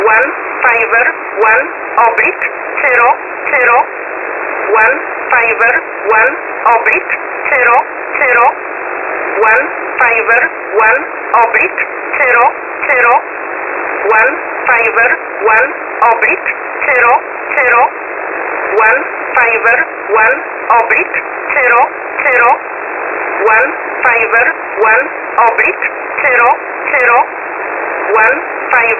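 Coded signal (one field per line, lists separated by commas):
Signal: numbers station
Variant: E11 Oblique, English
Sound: voice repeatedly reading digit groups with the word 'oblique', evenly paced, over shortwave hiss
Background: radio static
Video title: E11 Oblique 23/05/2023 0845 UTC 19184kHz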